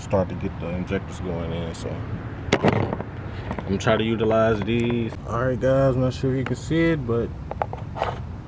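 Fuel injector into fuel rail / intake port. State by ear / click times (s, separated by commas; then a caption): partly seated / 7.6 s. Upgraded fuel injectors are pushed into the fuel rail and intake ports in the tight engine bay of an FBO E85 CTS-V while someone talks. A sharp snap is heard at 7.6 s. The injectors end up in place but not fully seated.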